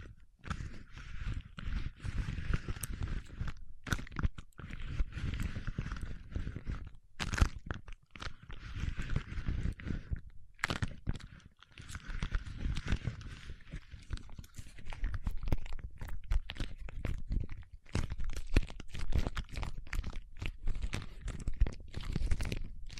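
Paraffin wax is handled with dense, continuous crackling, tapping and scratching that runs almost without pause. Short gaps break the texture near 7 and 10 seconds, and the scraping stays gritty, with a low knocking undertone and brighter rasping on top.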